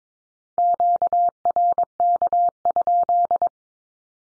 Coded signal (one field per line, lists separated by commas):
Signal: Morse code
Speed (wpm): 22 wpm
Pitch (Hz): 700 Hz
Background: none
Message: QRK?